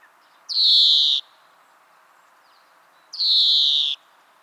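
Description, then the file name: European greenfinch repeating a harsh, nasal, drawn-out wheeze twice, roughly two and a half seconds apart, in a quiet background. "Chloris chloris"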